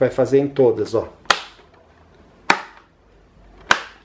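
Someone talks briefly, then the plastic rear grille of an Ultra 30 cm four-blade fan (V-16B-4P) is pressed around its rim onto the motor housing. Its remaining clips snap home with three loud, sharp plastic snaps at 1.3, 2.5 and 3.7 seconds. The grille clips are seated.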